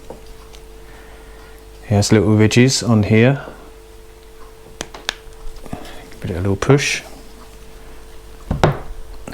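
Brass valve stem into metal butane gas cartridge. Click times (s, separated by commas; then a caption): 8.6 s. After refilling, someone pushes a small ridged brass valve stem by hand back into the neck of a metal butane gas cartridge while talking. A few faint ticks are heard, then a sharp click at 8.6 s as the stem seats home and will go no further.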